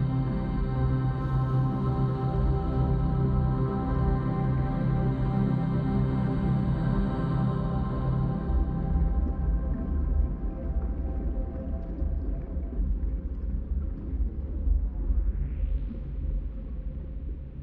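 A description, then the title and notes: Whale song over calm water: long, sustained tones stack into a dense, deep drone, with a steady low rumble underneath. The upper tones fade after about eight seconds, and a brief rising whistle-like sweep appears near sixteen seconds. Whales' Serenade in Tranquil Water Ambient. Soothing ambient sounds of tranquil waters, accompanied by the majestic serenade of whales.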